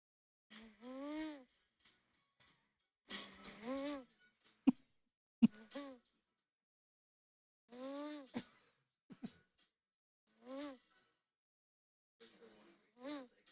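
Irregular, tonal, whistly snores with a rising pitch, repeating every few seconds, from an adult woman asleep who only recently started snoring. She snores with her mouth closed, and the snoring is not bad.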